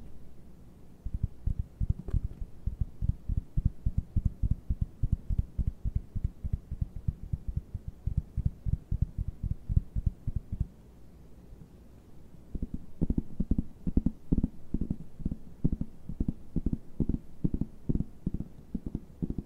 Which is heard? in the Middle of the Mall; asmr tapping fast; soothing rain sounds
asmr tapping fast